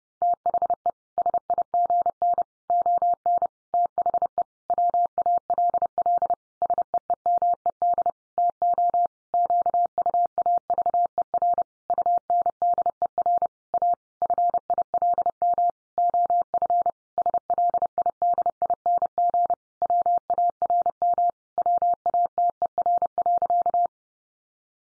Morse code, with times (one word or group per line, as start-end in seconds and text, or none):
0.2-0.9 THE
1.2-2.4 SIGN
2.7-3.5 ON
3.7-4.4 THE
4.7-6.3 WALL
6.6-8.1 SEEMED
8.4-9.1 TO
9.3-11.6 QUAVER
11.9-13.5 UNDER
13.7-13.9 A
14.2-15.7 FILM
16.0-16.9 OF
17.2-19.5 SLIDING
19.8-21.3 WARM
21.6-23.9 WATER.